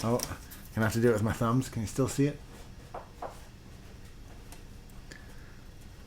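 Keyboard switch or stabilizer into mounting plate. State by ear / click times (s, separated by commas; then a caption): seated / 3.0 s, 3.2 s. Keyboard switch or stabilizer parts on a mounting plate are pushed down with the thumbs while someone talks, and they click into place at 3.0 s and 3.2 s. A fainter tick follows at about 4.5 s, and the parts end up seated and clipped down flat.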